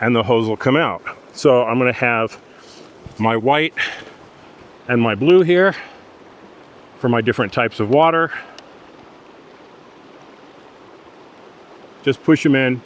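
Someone talks while holding white and blue water hoses and lining them up with the ports of an ITEHIL water filtration unit, ready to push them in so they lock into place. A soft steady background hiss runs between the speech, with one brief sharp sound near 8.6 s. No hose has been pushed in or clicked into place yet.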